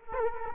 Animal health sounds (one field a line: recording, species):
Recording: mosquito wingbeat signal from an infrared sensor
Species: Culex quinquefasciatus